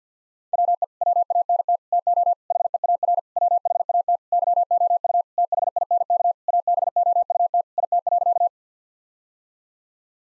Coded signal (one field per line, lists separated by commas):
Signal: Morse code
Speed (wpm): 50 wpm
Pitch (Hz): 700 Hz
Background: none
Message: WE WANT TO HEAR WHAT YOU THINK ABOUT IT.